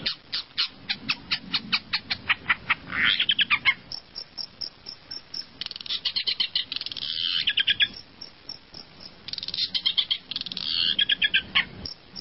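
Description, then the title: Bird song: fast series of clipped high pulses in rattling runs, broken by brief buzzy chirps. "kikicau"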